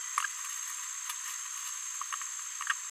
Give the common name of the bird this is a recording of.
Green-rumped Parrotlet